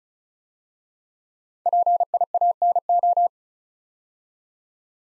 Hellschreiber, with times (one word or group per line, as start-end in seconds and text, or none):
none